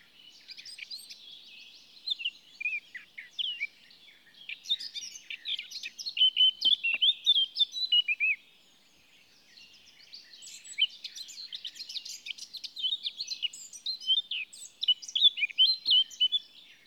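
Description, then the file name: Eurasian blackcap song: rapid, varied high warbling phrases in bursts, with a short pause near the middle before the chattering warble resumes. "Sylvia atricapilla"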